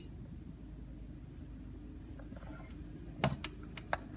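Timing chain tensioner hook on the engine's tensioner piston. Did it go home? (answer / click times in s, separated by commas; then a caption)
no / none. On a Toyota Corolla, Matrix, Vibe, Auris or Scion xD engine, the timing chain tensioner is being replaced for an oil leak, and the crankshaft is turned gently counterclockwise and then clockwise with a wrench so the new tensioner piston compresses and its hook drops off. Over a steady low rumble, sharp metallic ratchet and wrench hits land at about 3.2, 3.5, 3.8, 3.9 and 4.2 seconds. The hook has not clicked free, and nothing has seated or clicked yet.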